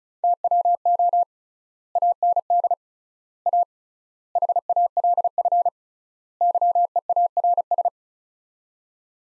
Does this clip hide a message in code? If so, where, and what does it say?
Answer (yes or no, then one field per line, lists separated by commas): yes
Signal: Morse code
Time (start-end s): 0.2-7.9 s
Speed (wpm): 36 wpm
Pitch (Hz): 700 Hz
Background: none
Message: TWO AND A HALF YEARS